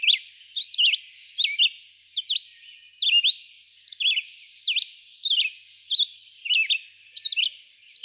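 Red-eyed vireo giving quick slurred whistles in short phrases, the pattern changing from phrase to phrase, with brief silences between.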